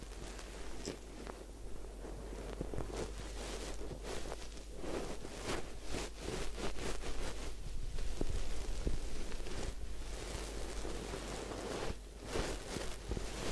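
Head spa hair wash with continuous wet rubbing and scrubbing, a dense, busy texture of crackling, splashy sounds. Brighter bursts of friction come every second or so, especially around the middle, under a steady low hum that runs throughout.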